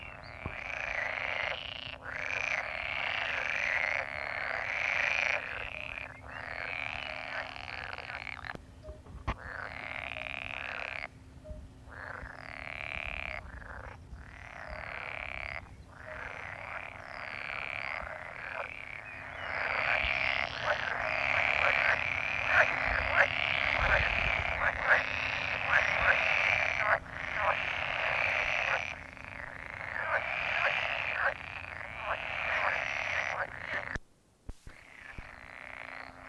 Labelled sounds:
Pool Frog call

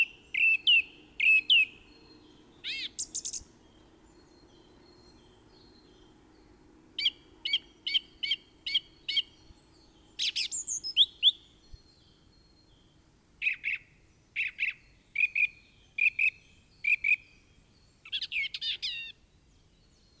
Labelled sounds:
Song Thrush song

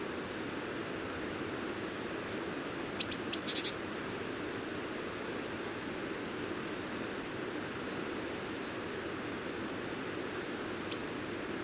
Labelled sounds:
Hawfinch call

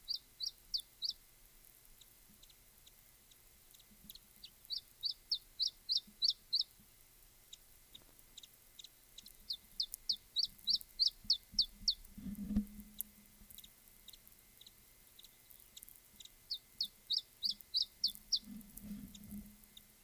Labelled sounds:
Iberian Chiffchaff

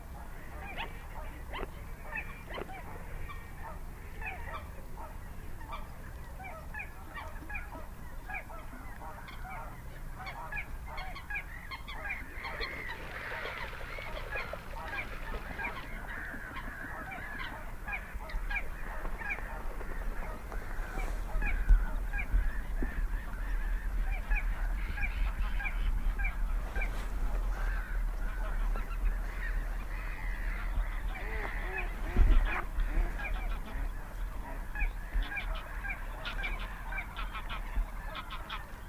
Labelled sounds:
Little Crake

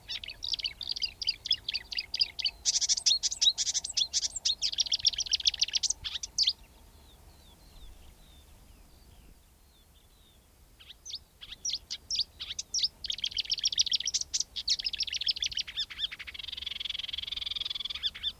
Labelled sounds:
Marsh Warbler song

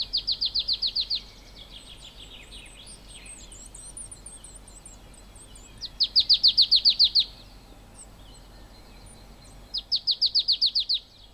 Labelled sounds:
Marsh Tit

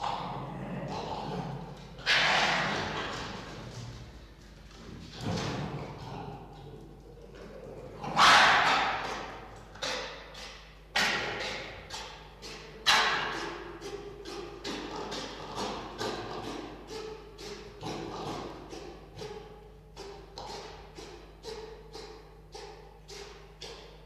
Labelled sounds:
Red Fox

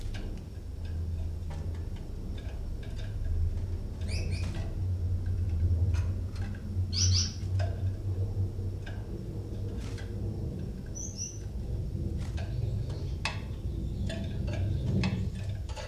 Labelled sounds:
Common Chaffinch

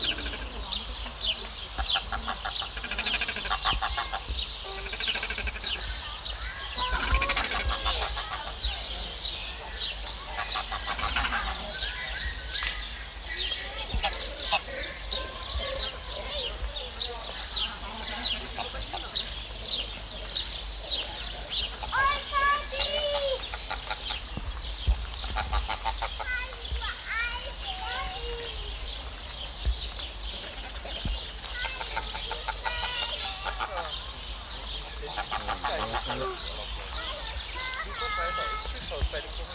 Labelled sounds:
Greylag Goose

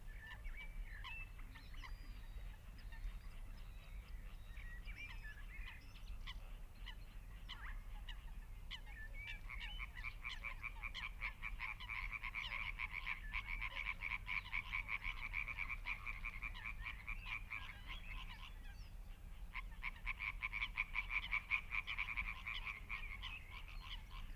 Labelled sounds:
Spotted Crake

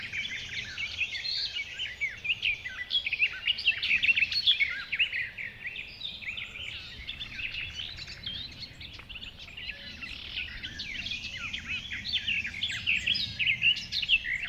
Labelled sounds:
Garden Warbler

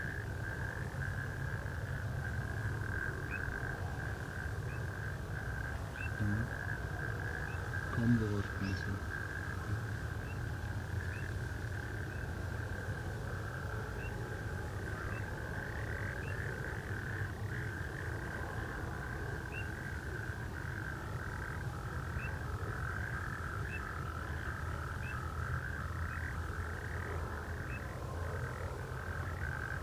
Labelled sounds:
Eurasian Nightjar

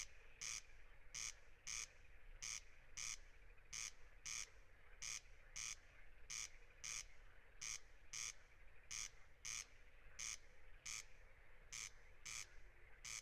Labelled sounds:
Corn Crake song

